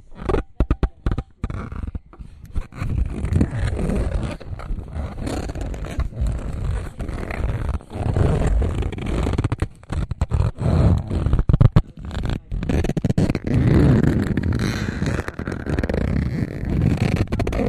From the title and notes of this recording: Recordings of a recorder being mistreated made by Dan Bodah.